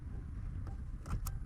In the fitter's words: and you can hear it snap in when it's in all the way